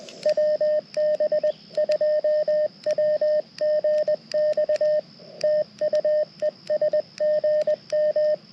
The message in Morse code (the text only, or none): WB2WGX TU ES GM